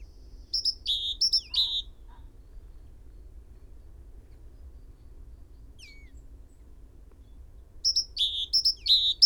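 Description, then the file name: Great tit with two short bursts of high-then-low paired notes, one at the start and one at the end, separated by a long quiet gap with a thin falling note. "Parus major"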